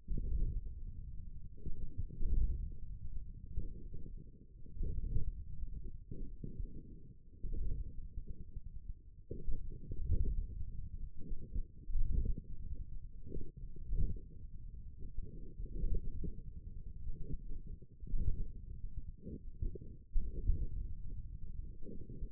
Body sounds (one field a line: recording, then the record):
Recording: forearm muscle sounds (acoustic myography)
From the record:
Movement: wrist flexion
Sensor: system 1, eight BSWA MPA416 microphones around the upper forearm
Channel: 7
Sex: male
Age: 28 years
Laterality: right